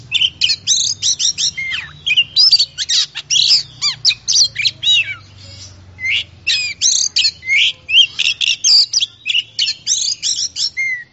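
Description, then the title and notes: Oriental magpie-robin song, a rapid varied stream of whistled, slurred and scratchy high notes in short bursts with brief pauses, continuous throughout. Champion-class singing bird. "Kicau Burung Kacer Juara. Suara Kicauan Burung Kacer Juara"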